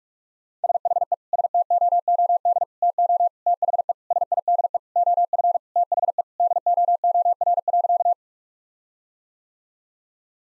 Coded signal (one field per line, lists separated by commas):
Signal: Morse code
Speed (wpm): 46 wpm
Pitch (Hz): 700 Hz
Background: none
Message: SHE STOOD TO THE SIDE OF THE DOOR.